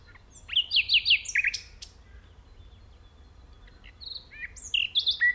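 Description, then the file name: Common nightingale song in two bursts: a quick string of sharp descending slurred notes at the start, then a pause, then rising whistles and chattering notes near the end. "Luscinia megarhynchos"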